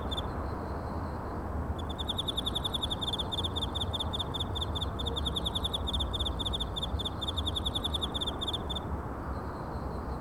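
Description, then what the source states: Cricket chirping: a steady train of rapid, high, pulsed notes starting after two seconds and running about seven seconds before stopping, over constant low rumbling background noise. Recorded in China.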